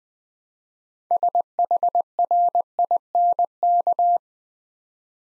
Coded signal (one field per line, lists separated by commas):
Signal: Morse code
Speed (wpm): 20 wpm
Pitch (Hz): 700 Hz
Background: none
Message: SHRINK